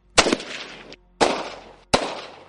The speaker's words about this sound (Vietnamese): Lạc Vương còn chưa kịp dứt lời, ở phía cuối đại điện chợt vang lên tiếng súng.